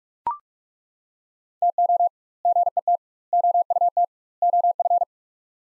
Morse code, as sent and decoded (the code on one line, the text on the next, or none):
- --- / --. . - / --- ..- - / --- ..-.
TO GET OUT OF